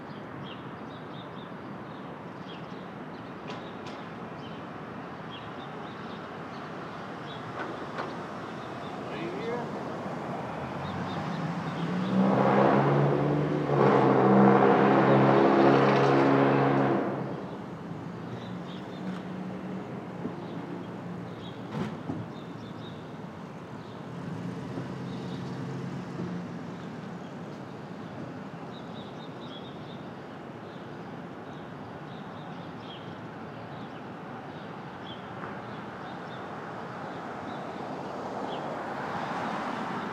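Early morning street sound in Brooklyn: a steady low traffic rumble runs throughout. Around 11 to 17 seconds a louder vehicle, possibly a train, swells up with a whining tone, then fades. A fainter tonal pass follows near 25 seconds.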